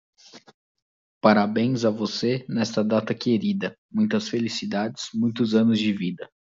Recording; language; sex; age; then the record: short text; Brazilian Portuguese; male; 20 to 29 years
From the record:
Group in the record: control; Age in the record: 27 years